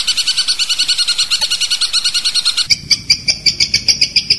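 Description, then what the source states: Long-tailed shrike song, a fast run of high, clipped chirps that shifts abruptly into louder, more spaced notes partway through. Long-tailed shrike song in the 'tembakan' style, variation 5, from a masteran training recording for songbirds.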